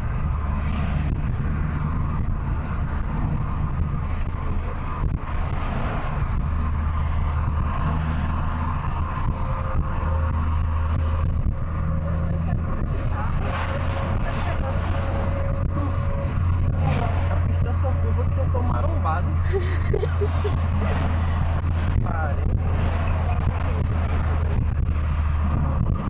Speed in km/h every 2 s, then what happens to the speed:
88, 90, 92, 89, 94, 92, 100, 101, 99, 98, 96, 95, 87.
0-10 steady at about 90. 10-13 speeds up to 101. 13-26 slows to 87.